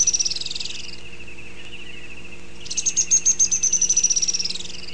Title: LuckyPassaro Completos2Sama. Grey-headed Spinetail (Cranioleuca semicinerea)